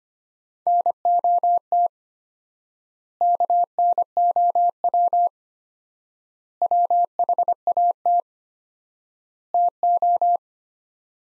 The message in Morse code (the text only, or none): NOT KNOW WHAT TO